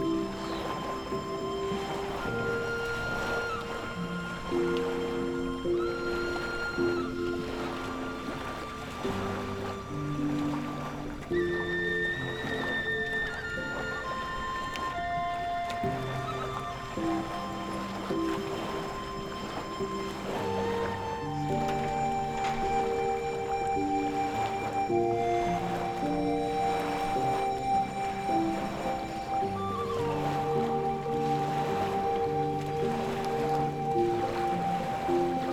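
Soft flute melodies drift in long, held notes over a steady wash of ocean waves. The music moves slowly and evenly throughout, with low sustained tones underneath and a constant, gentle surf sound filling the background at an unchanging level.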